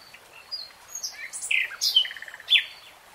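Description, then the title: Nightingale song fragment of varied short whistles and slurred notes with a brief quick trill, fairly soft and scattered. Nightingale singing in real time. "[Tiếng chim hót] 3 Hours REALTIME Nightingale Singing"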